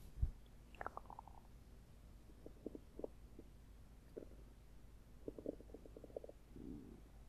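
Tummy grumble: audible stomach and bowel rumbling from an adult abdomen, with short gurgling bursts and brief low rumbles.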